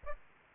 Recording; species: mosquito wingbeat signal from an infrared sensor; Aedes aegypti